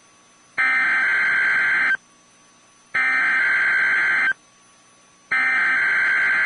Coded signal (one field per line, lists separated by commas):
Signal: Emergency Alert System (SAME) tones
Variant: header bursts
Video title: If you like EAS Tests, this is the video for you. (EAS 651-666)